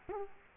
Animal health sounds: mosquito wingbeat signal from an infrared sensor; Culex quinquefasciatus

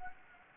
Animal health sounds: mosquito wingbeat signal from an infrared sensor; Anopheles gambiae

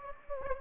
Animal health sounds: mosquito wingbeat signal from an infrared sensor; Anopheles gambiae

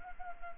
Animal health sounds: mosquito wingbeat signal from an infrared sensor; Anopheles gambiae

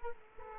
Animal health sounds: mosquito wingbeat signal from an infrared sensor; Aedes aegypti

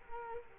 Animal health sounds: mosquito wingbeat signal from an infrared sensor; Culex quinquefasciatus

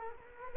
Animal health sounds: mosquito wingbeat signal from an infrared sensor; Culex quinquefasciatus

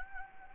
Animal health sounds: mosquito wingbeat signal from an infrared sensor; Anopheles gambiae

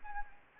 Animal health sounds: mosquito wingbeat signal from an infrared sensor; Anopheles arabiensis

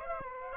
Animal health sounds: mosquito wingbeat signal from an infrared sensor; Aedes aegypti

